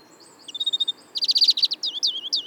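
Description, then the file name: European greenfinch song: a thin drawn whistle, then a fast rattling trill and several loud rising-falling twitters. "Chloris chloris"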